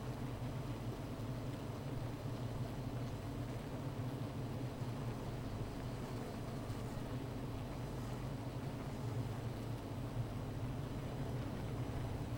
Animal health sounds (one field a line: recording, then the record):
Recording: honeybee colony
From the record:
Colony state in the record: missing queen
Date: 14 July 2017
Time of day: 15:09